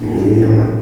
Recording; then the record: squeal of a Yucatan mini pig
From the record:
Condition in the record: before surgery on the right vocal fold (resection and tissue-engineered implant); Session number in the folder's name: 1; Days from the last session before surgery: -3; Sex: male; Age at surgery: 12 weeks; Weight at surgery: 13 kg